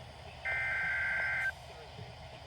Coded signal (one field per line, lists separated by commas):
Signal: Emergency Alert System (SAME) tones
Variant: header bursts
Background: speech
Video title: EAS Tornado Watch on NOAA Radio KZZ81 (3/10/2026) EAS #560